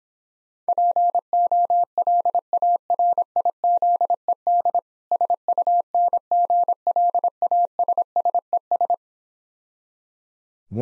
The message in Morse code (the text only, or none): POLARIZED SUNGLASSES